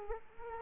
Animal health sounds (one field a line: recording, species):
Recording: mosquito wingbeat signal from an infrared sensor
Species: Culex quinquefasciatus